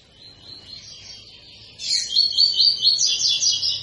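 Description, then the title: Double-collared seedeater song: faint high twittering that swells into a loud, rapid, chattering phrase of high, slurred notes. Tui-tui song style from a fibra (spirited) bird, used as a tutor song for teaching young birds. "COLEIRO TUI TUI FIBRA CANTO PROFESSOR"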